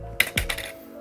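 A 12900KS CPU is handled in an LGA motherboard socket under its retention lever, with a few sharp plastic snaps and clacks at about 0.2, 0.4 and 0.5 s as the lever latches and the plastic socket cover pops off. Nothing has seated yet.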